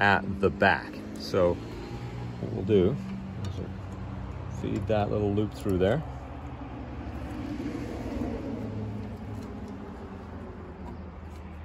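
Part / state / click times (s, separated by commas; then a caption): wiper blade onto windshield wiper arm hook / not seated / none. A wiper blade is being fitted onto the windshield wiper arm hook of a 1990–2005 Miata, with the arm hook threaded through the loop of the blade adapter and the blade lined up before being pulled up to lock. Someone talks over a low steady hum, with faint handling sounds in the background. Nothing has clicked or locked into place yet.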